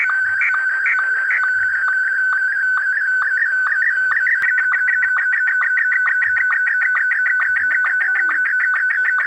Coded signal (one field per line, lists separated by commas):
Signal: SSTV (slow-scan television)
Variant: Martin 1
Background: speech